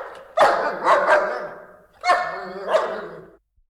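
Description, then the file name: Dog barking, five deep, rough woofs, a group of three then a pair, with short pauses between them. Large dogs. "Spectacular Sound Effects - Dogs Large Dogs Barking"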